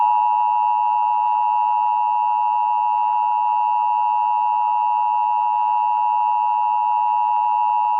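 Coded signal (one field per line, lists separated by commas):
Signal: Emergency Alert System (SAME) tones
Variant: 853 and 960 Hz attention tone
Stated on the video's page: National Periodic EAS Test captures.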